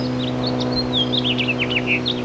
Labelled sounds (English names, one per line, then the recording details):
House Finch song
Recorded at Bridgehampton on Long Island, New York, on 22 June 2013
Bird G